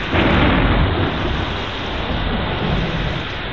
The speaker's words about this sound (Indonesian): Anak-anak, malam itu udara terasa dingin. Angin bertiup kencang. Hujan turun dengan deras. Sesekali terdengar suara petir.